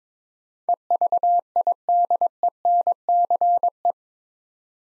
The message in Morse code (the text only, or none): EVIDENCE